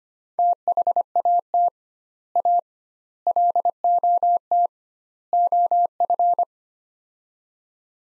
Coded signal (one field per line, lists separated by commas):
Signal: Morse code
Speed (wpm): 25 wpm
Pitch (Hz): 700 Hz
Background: none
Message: THAT A LOT OF